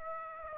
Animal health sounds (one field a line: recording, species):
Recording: mosquito wingbeat signal from an infrared sensor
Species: Aedes aegypti